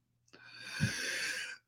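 One loud, harsh breath with a faint whistling edge from an adult man: noisy breathing through a narrowed airway, a small airway left after many surgeries in childhood.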